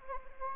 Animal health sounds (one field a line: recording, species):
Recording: mosquito wingbeat signal from an infrared sensor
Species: Anopheles gambiae